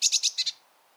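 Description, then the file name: Eurasian blue tit calling with five quick harsh buzzy notes, the first three evenly spaced, the last two slightly lower, then silence. "Cyanistes caeruleus"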